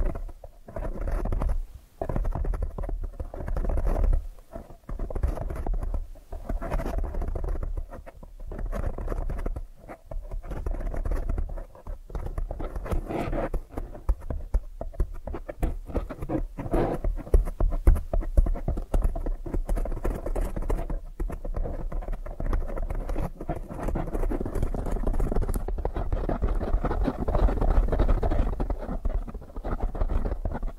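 Quick, dense tapping and soft scratching patter continues throughout, with brief pauses near the start and a low rumble underneath.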